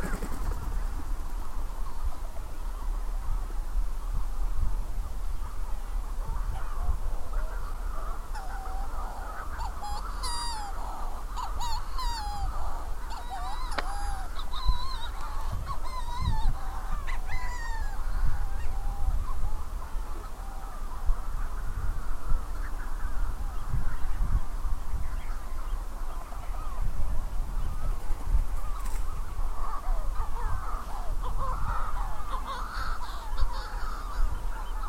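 Manx shearwaters call from a busy colony, a dense overlapping chorus of harsh, crowing cries that never lets up, with a few birds standing out around ten to eighteen seconds. A low, steady rumble of wind runs underneath throughout.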